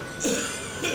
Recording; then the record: coughing mixed with background sound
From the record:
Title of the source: Spring Cold Coughing.